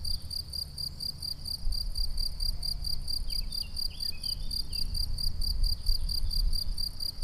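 Crickets chirping in a steady, fast pulsing trill, high and regular throughout, over low rumbling background noise.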